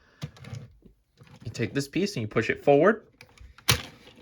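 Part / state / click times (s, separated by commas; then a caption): sliding lock piece on a toy robot ramp / released / 3.7 s. Someone talks while a plastic sliding lock piece on a toy robot ramp is pushed forward. A sharp click at 3.7 s marks the lock releasing, freeing the cars held on the rail.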